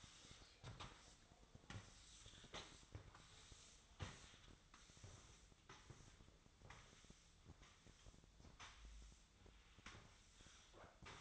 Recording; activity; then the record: daily activity, microphone in the room; sweep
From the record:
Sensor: 3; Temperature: 24.4 degrees Celsius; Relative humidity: 34.2%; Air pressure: 1004.7 hPa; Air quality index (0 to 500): 87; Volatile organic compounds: 3 ppm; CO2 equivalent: 1326 ppm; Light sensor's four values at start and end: 6/15/6/6 and 7/17/7/6